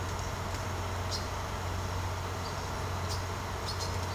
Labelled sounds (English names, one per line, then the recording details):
none
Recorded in secondary vegetation near Puerto Asís, Putumayo, Colombia, on 21 March 2025 at 16:00
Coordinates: 0.468, -76.324
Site G059